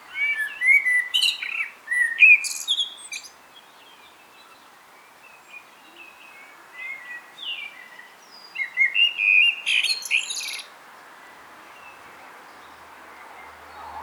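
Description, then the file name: Common blackbird: two bursts of fluty warbling with shrill, chattering endings, separated by a quieter stretch with soft notes. "Turdus merula"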